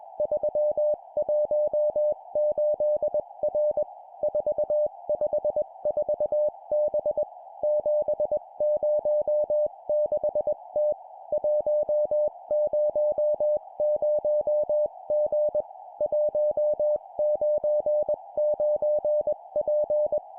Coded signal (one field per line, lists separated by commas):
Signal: Morse code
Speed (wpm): 21 wpm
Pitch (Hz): 600 Hz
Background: music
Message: 318R 454B 706T 100G 199P